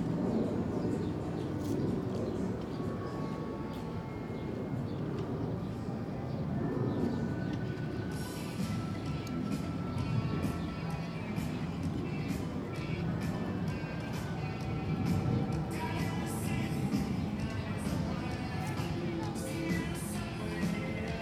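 A walk through the park between attractions, with a steady, dense murmur of crowd voices over a low rumble that sounds like a passing ride or train. From about eight seconds on, brighter clatter and frequent sharp clicks join in, while the overall loudness stays even.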